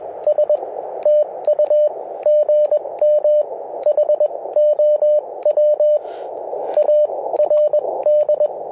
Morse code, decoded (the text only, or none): S TU GM HOWARD